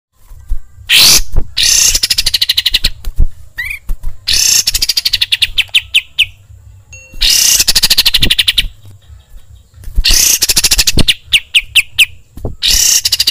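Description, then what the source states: Sooty-headed bulbul song with loud rasping bursts leading into quick rattling runs of repeated notes, broken by short gaps and a brief rising whistle. Master training recording, described as luxurious.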